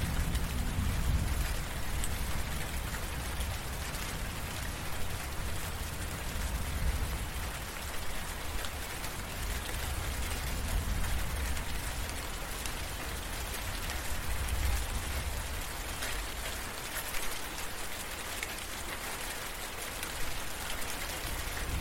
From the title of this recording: Rain And Thunder Sound At Night